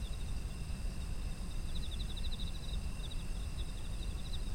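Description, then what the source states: Insect calls in quick rattling trills in short bursts, with a thin continuous high whine and low background rumble. Autumn insects, ambient environmental sound.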